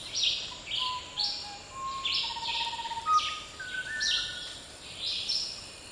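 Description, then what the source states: Rufous-and-white wren song: a series of low, pure whistled notes stepping up and down, beneath loud buzzy chirps from another caller repeating about once a second. Male singing at midday in dry jungle at Nosara; partly cloudy, 31°C, calm wind; SD 702 recorder, Sennheiser MKH 40/30 microphones in MS stereo.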